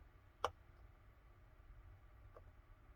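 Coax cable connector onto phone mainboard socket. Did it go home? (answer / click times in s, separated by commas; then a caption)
yes / 0.4 s. A coax cable connector is lined up on the mainboard socket of a Samsung Galaxy Z Fold 4 and pressed down until it snaps on, giving one sharp, bright click at 0.4 s. A much fainter tick follows at 2.4 s over a low background hum. The connector is seated properly.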